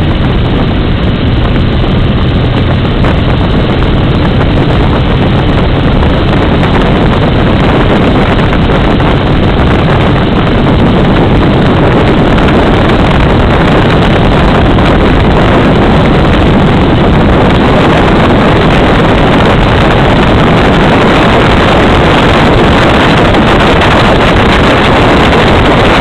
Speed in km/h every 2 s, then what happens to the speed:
60, 63, 64, 65, 66, 68, 69, 76, 81, 82, 84, 86, 88.
0-26 speeds up to 88.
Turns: none.